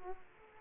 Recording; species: mosquito wingbeat signal from an infrared sensor; Aedes aegypti